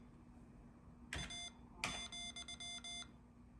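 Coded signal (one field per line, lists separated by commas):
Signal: Morse code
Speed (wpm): 20 wpm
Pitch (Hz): 3500 Hz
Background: none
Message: A ,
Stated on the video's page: Morse code practice on the Morserino-32 trainer for sending and receiving.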